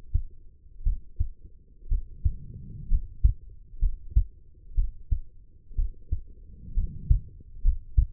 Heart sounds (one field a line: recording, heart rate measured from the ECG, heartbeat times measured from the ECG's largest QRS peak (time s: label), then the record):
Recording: heart sounds by stethoscope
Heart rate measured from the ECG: 62 bpm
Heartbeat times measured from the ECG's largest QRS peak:
0.83 s: heartbeat
1.88 s: heartbeat
2.88 s: heartbeat
3.80 s: heartbeat
4.75 s: heartbeat
5.75 s: heartbeat
6.74 s: heartbeat
7.62 s: heartbeat
From the record:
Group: healthy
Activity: rest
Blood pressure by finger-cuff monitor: 97/67 mmHg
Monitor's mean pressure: 78 mmHg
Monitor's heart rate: 60 bpm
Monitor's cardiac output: 4.8 L/min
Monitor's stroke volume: 81 mL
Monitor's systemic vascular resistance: 1210 dyn s/cm5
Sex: female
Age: 23 years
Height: 160 cm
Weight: 50.4 kg